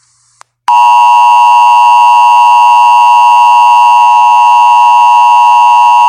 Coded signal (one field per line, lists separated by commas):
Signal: Emergency Alert System (SAME) tones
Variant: 853 and 960 Hz attention tone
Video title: EAS Mini Scenario Crazy Hand